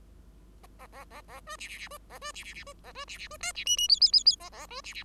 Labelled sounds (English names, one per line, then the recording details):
Bengalese Finch song
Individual Bird5